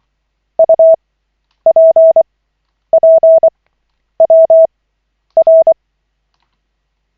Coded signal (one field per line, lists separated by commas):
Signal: Morse code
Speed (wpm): 24 wpm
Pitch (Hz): 650 Hz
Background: none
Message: UPPWR